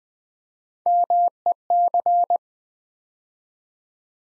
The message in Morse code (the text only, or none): MEC